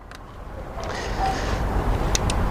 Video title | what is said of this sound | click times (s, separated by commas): MBZ CLS 500 M113 engine spark plugs and spark plug wire set replacement | just press it until it clicks all | 2.2 s